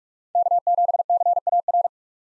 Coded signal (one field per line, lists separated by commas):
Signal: Morse code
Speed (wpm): 47 wpm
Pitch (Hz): 700 Hz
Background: none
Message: K7CAR